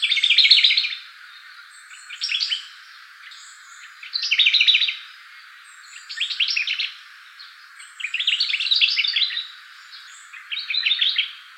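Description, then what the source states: Hume's leaf warbler giving quick chattering bursts of high, sharp notes, about six phrases spaced a couple of seconds apart, with faint higher twitters in the background. Recorded 11 May 2019.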